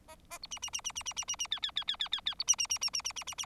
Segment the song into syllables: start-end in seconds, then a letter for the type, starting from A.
0.08-0.15 A, 0.30-0.38 A, 0.42-0.47 B, 0.51-0.59 C, 0.62-0.70 C, 0.73-0.81 C, 0.84-0.92 C, 0.95-1.03 C, 1.05-1.13 C, 1.16-1.25 C, 1.28-1.36 C, 1.39-1.47 C, 1.51-1.60 D, 1.62-1.71 D, 1.75-1.84 D, 1.87-1.96 D, 1.99-2.08 D, 2.12-2.21 D, 2.25-2.35 D, 2.39-2.44 B, 2.47-2.56 C, 2.58-2.67 C, 2.69-2.79 C, 2.81-2.90 C, 2.93-3.02 C, 3.04-3.12 C, 3.16-3.24 C, 3.27-3.35 C, 3.38-3.46 C